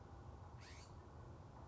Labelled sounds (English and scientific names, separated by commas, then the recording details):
California Scrub-Jay (Aphelocoma californica)
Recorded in Sonoma County, California